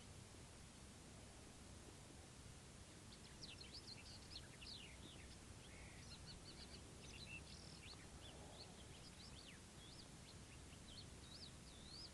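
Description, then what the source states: Bird song: a long chattering series of quick, high whistled notes and short sweeps, many overlapping, over a soft continuous low rumble. Morning at a desert camp in Morocco.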